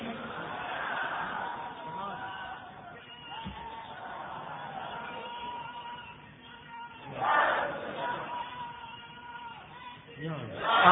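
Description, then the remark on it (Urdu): A large crowd at a religious speech raises loud, overlapping chanted religious slogans in rising and falling waves, with bursts of shouting swelling toward the end over a murky, band-limited recording. “بھائی نعرے ذرا کم لگائیے, سبحان اللہ, اگر جذبہ آ جائے سبحان اللہ کہہ دیجیے, حضرت کا خطاب خود سے نہیں سنیں, نعرے ذرا کم لگائیے.”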